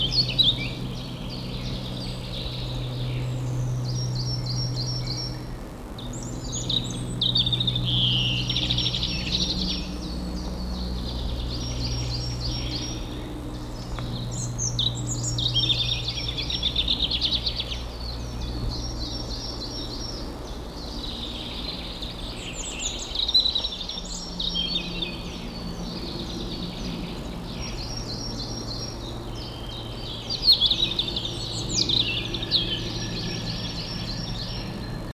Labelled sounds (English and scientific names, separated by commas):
European Robin (Erithacus rubecula) song